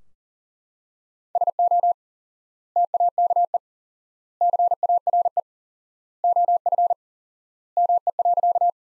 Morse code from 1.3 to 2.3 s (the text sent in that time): SO